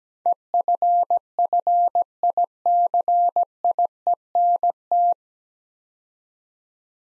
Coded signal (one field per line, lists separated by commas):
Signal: Morse code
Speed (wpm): 17 wpm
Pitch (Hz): 700 Hz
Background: none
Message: EFFICIENT